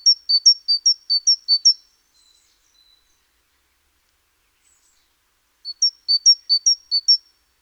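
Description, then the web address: Great tit song: two strophes of about five quick alternating high note pairs each, the singer pausing roughly four seconds between them. "SETE data Parus major"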